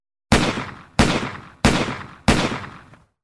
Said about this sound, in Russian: Прогремели выстрелы. Отдача непривычно дергала руку, сбила прицел, и, кажется, не все снаряды даже попали куда надо.